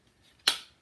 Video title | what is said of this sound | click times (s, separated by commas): 432. This video is a review on a Hychika 4 1/2 inch 20 V￼ angle grinder￼. | so when you put the battery on make sure it clicks and locks into place | 0.5 s